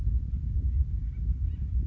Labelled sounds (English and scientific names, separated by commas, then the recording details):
Acorn Woodpecker (Melanerpes formicivorus)
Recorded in Sonoma County, California